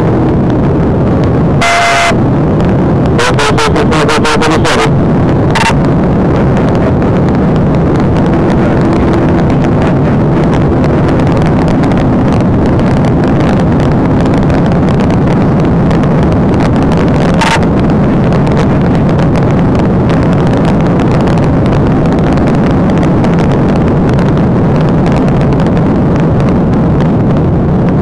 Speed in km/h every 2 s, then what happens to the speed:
179, 184, 185, 185, 190, 198, 200, 203, 204, 198, 200, 198, 187, 158.
0-15 speeds up to 204. 15-28 brakes to 158.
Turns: none.